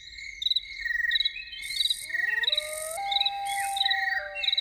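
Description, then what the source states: Loon wailing, long rising notes that swell and then hold steady, under a constant pulsing chorus of crickets and bursts of hissing noise. Evening.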